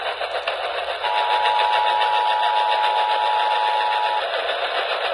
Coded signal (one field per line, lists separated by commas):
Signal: Emergency Alert System (SAME) tones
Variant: 853 and 960 Hz attention tone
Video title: DAY IN THE NIGHT OR MORNING OF FREAKING OF LOTS... EAS Alerts from 3/15/25 (EAS#3,099 - #3,109)